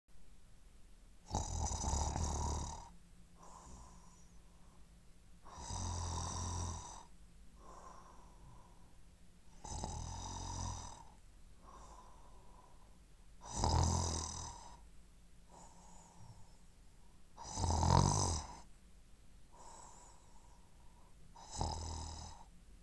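Snoring from an adult sleeper.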